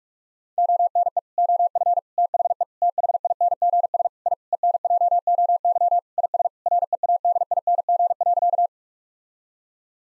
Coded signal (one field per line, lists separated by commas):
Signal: Morse code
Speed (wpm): 46 wpm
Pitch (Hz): 700 Hz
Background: none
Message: ONE OF THE THINGS I ENJOY IS READING.